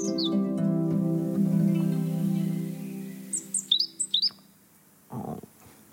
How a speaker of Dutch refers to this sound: Roodborst. Mooi, hè?